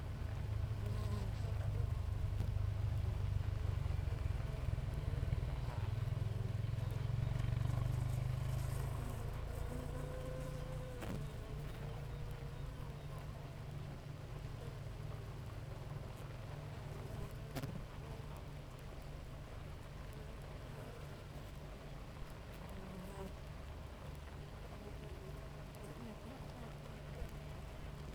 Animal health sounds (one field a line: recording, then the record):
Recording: honeybee colony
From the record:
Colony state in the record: active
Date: 28 July 2017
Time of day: 6:37